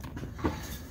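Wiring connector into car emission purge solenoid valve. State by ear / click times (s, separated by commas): seated / 0.5 s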